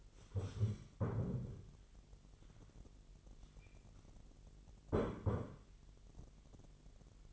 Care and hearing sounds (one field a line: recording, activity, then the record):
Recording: daily activity, microphone in the room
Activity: stand up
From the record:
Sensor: 4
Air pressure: 999.3 hPa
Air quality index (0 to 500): 114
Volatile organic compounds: 2 ppm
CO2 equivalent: 1122 ppm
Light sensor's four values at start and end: 13/31/13/14 and 13/31/13/14